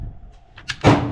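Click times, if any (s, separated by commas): none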